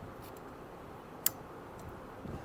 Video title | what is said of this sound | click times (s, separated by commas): How to: Volkswagen Passat Wiper change with PIAA Silicone wipers | you heard the click | 1.3 s